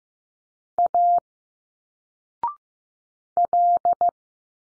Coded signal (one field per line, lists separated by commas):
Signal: Morse code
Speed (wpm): 15 wpm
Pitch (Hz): 700 Hz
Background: none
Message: A L